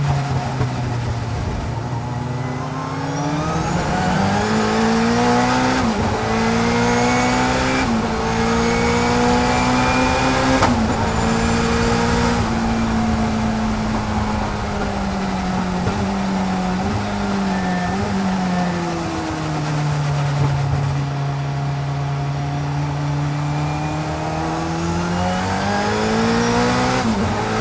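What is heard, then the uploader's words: A race car engine heard from inside the cockpit, loud and constant for the whole stretch. The engine note climbs and drops repeatedly as the driver accelerates and shifts gears, with sharp high whines rising through each pull and a rough, buzzing low drone underneath. 1986 Toyota Celica IMSA GTO In-Car Audio, Monterey 2018. Captured inside a 1986 Toyota Celica IMSA GTO machine built by All American Racers. With almost 600hp on tap from the 2.1-liter four-cylinder turbo. Spools up the boost while charging around Laguna Seca during the 2018 Rolex Monterey Motorsports Reunion event.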